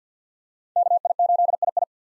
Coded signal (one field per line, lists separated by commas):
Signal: Morse code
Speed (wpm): 45 wpm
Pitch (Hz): 700 Hz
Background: none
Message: KI8II